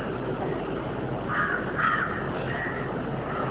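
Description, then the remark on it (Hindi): Crows caw in a few harsh, drawn-out calls partway through, rising over a steady wash of outdoor background noise of street traffic and sea waves. No one speaks. “और अब तीसरी बात अनुभव करें, पक्षियों की आवाज है, सूरज की किरणें हैं, सड़कों पर गति है, शोरगुल है, सागर की लहरें हैं, सब सुनाई पड़ रहा है।”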